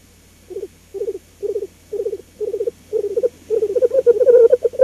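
Black grouse bubbling call, short gurgling bursts repeated about twice a second, building into a steadier, louder rolling warble.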